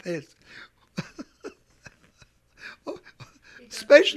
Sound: he laughs

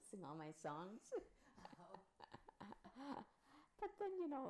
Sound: she laughs

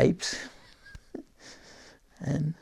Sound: he laughs

